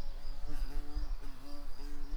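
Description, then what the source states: Garden bumblebee buzzing: a steady low hum with rich harmonics that wavers slightly in pitch throughout. Queens.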